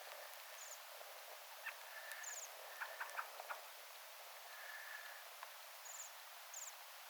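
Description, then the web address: Bohemian waxwing calls: several thin, high, ringing trills scattered throughout, with a few soft clicks in the background. A flock calling calmly on an island, recorded on 17 December 2024. "paivat 17 12 2024 tilhiparven rauhallista aantelya saaressa"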